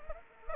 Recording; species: mosquito wingbeat signal from an infrared sensor; Anopheles arabiensis